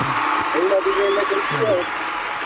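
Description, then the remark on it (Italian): Steady crowd applause fills the whole stretch, a dense patter of clapping, while a couple of voices call out briefly over it. “Bravo, applausi, grazie.”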